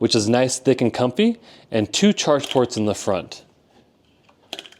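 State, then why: Seated. Someone talks, then a cover over one of the two front charge ports on the rubberized matte deck of a Hooga Daytona electric scooter is pressed closed. It snaps home with a sharp click at 4.5 s, followed by a few quick softer ticks, and the cover is seated shut.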